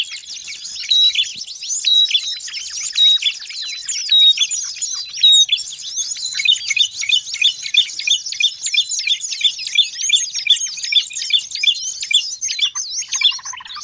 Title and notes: Master Burung Ribut Durasi Panjang. Burung Ribut Pikat